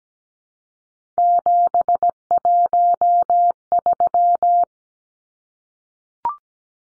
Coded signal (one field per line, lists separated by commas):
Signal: Morse code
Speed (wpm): 17 wpm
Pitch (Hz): 700 Hz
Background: none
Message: 713